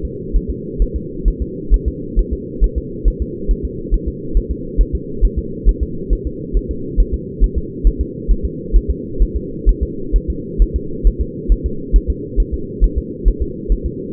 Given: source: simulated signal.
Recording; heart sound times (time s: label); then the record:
fetal heart sounds
0.05 s: S2
0.36 s: S1
0.50 s: S2
0.82 s: S1
0.96 s: S2
1.28 s: S1
1.42 s: S2
1.74 s: S1
1.88 s: S2
2.19 s: S1
2.33 s: S2
2.64 s: S1
2.78 s: S2
3.08 s: S1
3.22 s: S2
3.51 s: S1
3.65 s: S2
3.94 s: S1
4.08 s: S2
4.37 s: S1
4.51 s: S2
4.81 s: S1
4.95 s: S2
5.25 s: S1
5.39 s: S2
5.69 s: S1
5.83 s: S2
6.13 s: S1
6.27 s: S2
6.57 s: S1
6.71 s: S2
7.00 s: S1
7.14 s: S2
7.44 s: S1
7.58 s: S2
7.87 s: S1
8.01 s: S2
8.31 s: S1
8.45 s: S2
8.76 s: S1
8.91 s: S2
9.22 s: S1
9.37 s: S2
9.69 s: S1
9.83 s: S2
10.16 s: S1
10.30 s: S2
10.62 s: S1
10.76 s: S2
11.07 s: S1
11.21 s: S2
11.52 s: S1
11.66 s: S2
11.96 s: S1
12.10 s: S2
12.40 s: S1
12.54 s: S2
12.84 s: S1
12.98 s: S2
13.28 s: S1
13.42 s: S2
13.72 s: S1
13.86 s: S2
From the record:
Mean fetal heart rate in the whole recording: 135 bpm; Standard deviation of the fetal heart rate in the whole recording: 3 bpm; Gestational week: 36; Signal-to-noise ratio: -4.3 dB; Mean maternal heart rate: 72 bpm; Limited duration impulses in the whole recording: absent